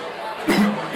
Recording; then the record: coughing mixed with background sound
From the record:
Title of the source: Man Coughing Sound - Wet Cough Sound Effect